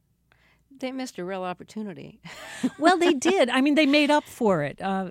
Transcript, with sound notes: They missed a real opportunity (laughter).
Well, they did. I mean, they made up for it.